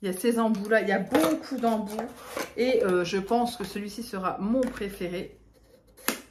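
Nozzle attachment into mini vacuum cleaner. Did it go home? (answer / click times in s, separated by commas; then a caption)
yes / 6.1 s. Someone talks for about five seconds, and after a short quiet stretch a plastic attachment nozzle is pushed onto a mini handheld vacuum cleaner. It clips on with one sharp snap at 6.1 s and is seated, no longer moving.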